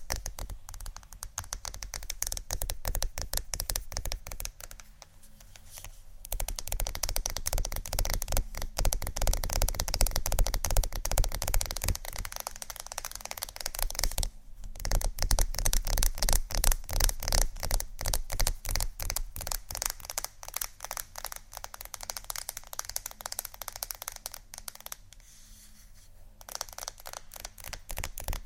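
Fast tapping on wood, metal and similar surfaces runs as a dense, rapid patter of sharp clicks that barely pause. The taps shift in tone and loudness as surfaces change, thinning briefly near 1, 5, 14 and 25 seconds, with a low steady hum underneath.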